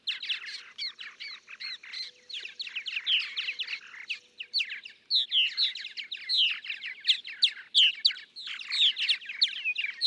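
Purple martin chatter of liquid, gurgling chirps, busy and overlapping, louder in the second half.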